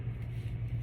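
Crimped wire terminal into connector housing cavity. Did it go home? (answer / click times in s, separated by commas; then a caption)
no / none. A crimped wire terminal is handled at the cavity of a sealed Delphi GT series automotive connector housing, not yet pushed all the way in. Only a steady low rumble with a strong hum around 100 Hz is heard, with no sharp transients. Nothing has seated or clicked yet.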